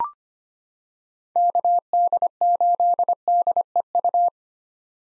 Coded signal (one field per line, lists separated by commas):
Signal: Morse code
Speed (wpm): 25 wpm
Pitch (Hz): 700 Hz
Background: none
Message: KD8DEU